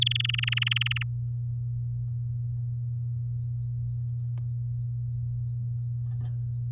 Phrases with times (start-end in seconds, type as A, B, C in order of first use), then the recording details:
0.01-1.03 A. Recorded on 10 May 2018 at 13:18. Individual llb16